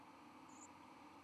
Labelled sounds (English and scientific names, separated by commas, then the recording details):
White-throated Sparrow (Zonotrichia albicollis) flight call
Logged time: 09:17 on 31 October 2014